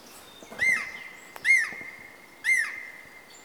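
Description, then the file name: Japanese green woodpecker calling three clear, whistled, downslurred notes about one second apart, each sounding like a falling 'pyo', with a steady tone and soft background noise. "aogera"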